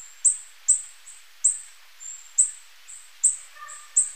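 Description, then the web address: Tawny-bellied hermit calls: sharp, very high chips repeated at short intervals, with fainter thin notes between them and a few lower notes near the end. Ecuador. "Birds of Ecuador. Tawny-bellied Hermit"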